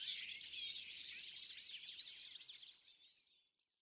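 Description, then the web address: Bird chirps and twitters, a dense run of high notes that fades steadily to near silence by the end. "Deverinetal"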